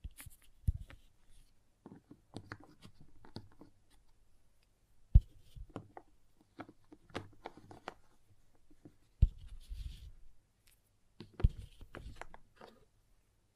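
Crayon scratches and crisp taps come in short irregular clusters, with sharp knocks near five and nine seconds.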